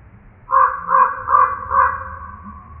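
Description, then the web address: Common Raven call, four deep, hoarse croaks in quick succession, over faint low rumble. Recorded on 4 January 2007. "Common Raven 2007 01 04"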